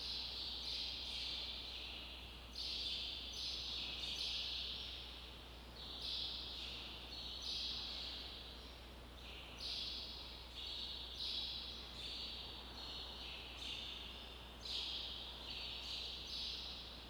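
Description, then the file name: Birds calling with bursts of high, scratchy chirps, some runs repeated in quick series, over a steady low hum. Rural ambience inside a shed, with birds. "Ambiencia galpao com passaros"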